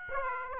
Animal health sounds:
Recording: mosquito wingbeat signal from an infrared sensor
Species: Aedes aegypti

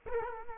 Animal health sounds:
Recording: mosquito wingbeat signal from an infrared sensor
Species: Culex quinquefasciatus

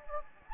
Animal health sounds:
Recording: mosquito wingbeat signal from an infrared sensor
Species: Anopheles gambiae

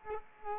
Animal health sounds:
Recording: mosquito wingbeat signal from an infrared sensor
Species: Culex quinquefasciatus

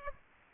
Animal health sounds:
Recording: mosquito wingbeat signal from an infrared sensor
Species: Aedes aegypti

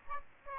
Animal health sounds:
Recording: mosquito wingbeat signal from an infrared sensor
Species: Aedes aegypti

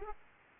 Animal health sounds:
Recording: mosquito wingbeat signal from an infrared sensor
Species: Aedes aegypti

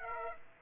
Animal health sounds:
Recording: mosquito wingbeat signal from an infrared sensor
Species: Aedes aegypti

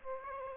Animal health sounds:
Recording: mosquito wingbeat signal from an infrared sensor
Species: Aedes aegypti

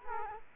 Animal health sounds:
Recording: mosquito wingbeat signal from an infrared sensor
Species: Culex quinquefasciatus

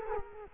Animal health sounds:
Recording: mosquito wingbeat signal from an infrared sensor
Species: Culex quinquefasciatus

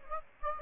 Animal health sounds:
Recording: mosquito wingbeat signal from an infrared sensor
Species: Aedes aegypti

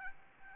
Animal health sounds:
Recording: mosquito wingbeat signal from an infrared sensor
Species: Aedes albopictus

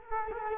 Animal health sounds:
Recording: mosquito wingbeat signal from an infrared sensor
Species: Culex quinquefasciatus

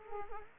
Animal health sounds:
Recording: mosquito wingbeat signal from an infrared sensor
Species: Culex quinquefasciatus

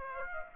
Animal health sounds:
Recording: mosquito wingbeat signal from an infrared sensor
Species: Aedes aegypti

